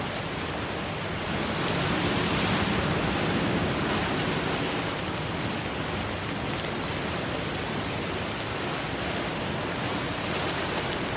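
Steady, dense rain hisses across the whole clip, with a slightly louder, fuller swell around two to three seconds that could be a wave washing in. Faint crackling drops tick through the top, and the wash stays even throughout.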